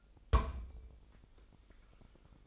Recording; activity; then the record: daily activity, microphone in the room; place on stove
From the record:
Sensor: 5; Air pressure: 999.4 hPa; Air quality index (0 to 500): 223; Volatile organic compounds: 21 ppm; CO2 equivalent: 2727 ppm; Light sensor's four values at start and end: 30/67/28/27 and 30/67/28/27